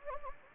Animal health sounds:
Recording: mosquito wingbeat signal from an infrared sensor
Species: Anopheles gambiae

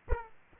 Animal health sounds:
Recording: mosquito wingbeat signal from an infrared sensor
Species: Aedes aegypti

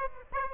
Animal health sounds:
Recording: mosquito wingbeat signal from an infrared sensor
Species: Aedes aegypti

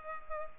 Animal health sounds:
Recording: mosquito wingbeat signal from an infrared sensor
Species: Culex pipiens

